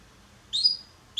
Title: Canary Training 17 Esquente Seu Filhote E Canario Belga Em 30 Minutos Macho Cantando Muito. Canrio Belga Salsa cantando muito forte